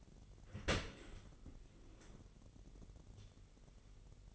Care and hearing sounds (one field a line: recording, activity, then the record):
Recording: daily activity, microphone in the room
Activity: open dishwasher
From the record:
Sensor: 4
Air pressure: 999.1 hPa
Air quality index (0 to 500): 122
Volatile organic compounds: 2 ppm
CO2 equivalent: 1196 ppm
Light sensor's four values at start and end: 8/19/7/8 and 7/18/7/7